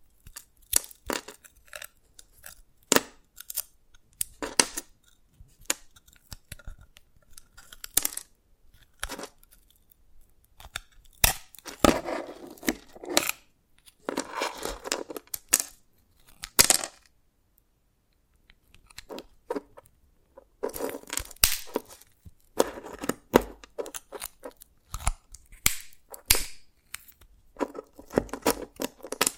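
Dalgona candy is tapped and cracked in quick, sharp clicks and snaps, scattered unevenly with denser clusters around 12–17 seconds and 21–29 seconds. Brief pauses fall between bursts, including a near-silent gap around 18–20 seconds, and the snaps sound crisp and bright.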